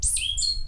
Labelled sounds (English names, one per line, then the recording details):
Stitchbird song
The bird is a male
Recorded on Tiritiri Matangi Island, New Zealand, in 2005
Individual 22, of nest box 31